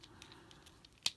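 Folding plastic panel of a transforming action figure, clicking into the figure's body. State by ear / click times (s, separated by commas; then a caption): seated / 1.1 s. During the robot-to-vehicle transformation of a Transformers Studio Series Deluxe Class Gamer Edition 05 Cliffjumper plastic action figure, a plastic panel is folded up into the figure's body. A few faint plastic ticks come first, then a sharp, loud click at 1.1 s as the part snaps into place and seats.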